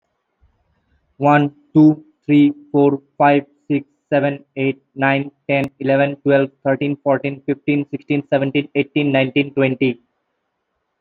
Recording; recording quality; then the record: counting at a normal pace; excellent, no background noise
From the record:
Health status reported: healthy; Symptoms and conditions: none ticked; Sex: male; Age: 30 years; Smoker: not ticked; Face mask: not worn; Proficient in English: yes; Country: India